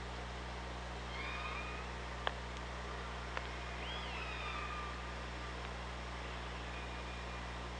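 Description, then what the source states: Killer whale calls underwater, faint wavering tones rising and bending, a couple of sharp clicks, over a constant low hum and hiss. OrcaLab hydrophone, underwater, 24 August 2017 at 06:26.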